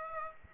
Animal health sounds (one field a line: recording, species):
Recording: mosquito wingbeat signal from an infrared sensor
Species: Aedes aegypti